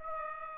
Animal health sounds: mosquito wingbeat signal from an infrared sensor; Aedes aegypti

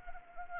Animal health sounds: mosquito wingbeat signal from an infrared sensor; Anopheles gambiae

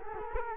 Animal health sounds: mosquito wingbeat signal from an infrared sensor; Culex quinquefasciatus

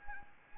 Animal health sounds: mosquito wingbeat signal from an infrared sensor; Anopheles arabiensis

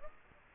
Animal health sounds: mosquito wingbeat signal from an infrared sensor; Aedes aegypti

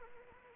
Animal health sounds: mosquito wingbeat signal from an infrared sensor; Anopheles arabiensis

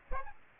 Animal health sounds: mosquito wingbeat signal from an infrared sensor; Aedes aegypti

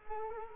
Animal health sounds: mosquito wingbeat signal from an infrared sensor; Culex quinquefasciatus

